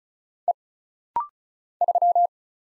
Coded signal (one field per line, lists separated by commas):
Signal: Morse code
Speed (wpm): 36 wpm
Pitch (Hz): 700 Hz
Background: none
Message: E 3